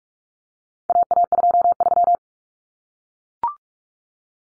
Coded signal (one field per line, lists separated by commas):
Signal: Morse code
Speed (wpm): 44 wpm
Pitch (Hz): 700 Hz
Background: none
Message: AA23